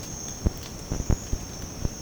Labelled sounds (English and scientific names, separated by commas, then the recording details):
none
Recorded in secondary vegetation near Puerto Asís, Putumayo, Colombia, on 19 March 2025 at 07:00
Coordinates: 0.481, -76.318
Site G097